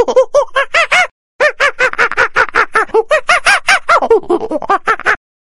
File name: chimpanzee